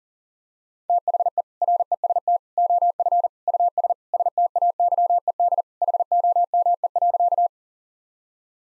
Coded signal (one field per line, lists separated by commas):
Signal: Morse code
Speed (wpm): 40 wpm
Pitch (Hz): 700 Hz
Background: none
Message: THE REST OF US STAYED HOME.